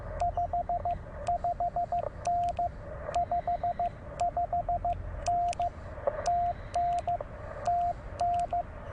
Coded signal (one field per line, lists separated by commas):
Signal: Morse code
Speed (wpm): 15 wpm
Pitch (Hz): 700 Hz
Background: radio noise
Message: 55N 55N TN TN